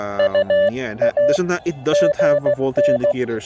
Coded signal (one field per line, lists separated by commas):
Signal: Morse code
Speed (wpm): 16 wpm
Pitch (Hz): 580 Hz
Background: speech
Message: UA GN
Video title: Deploying my portable HF go-kit with the USDR+, QRPguys EFHW